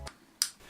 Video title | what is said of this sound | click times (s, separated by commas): Budget XLR Condenser Microphone Kit / TONOR / Unboxing and Review | XLR cable pushes into the bottom the microphone with a very satisfying click I must | 0.4 s